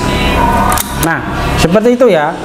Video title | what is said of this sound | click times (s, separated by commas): PROMO CUCI GUDANG SPESIAL MEI HEPPY !! SENAPAN ANGIN PCP BOCAP HARGA ANLOK 2 JT AN DAPAT BOCAP !! | Sampai bunyi klek nah | 0.8 s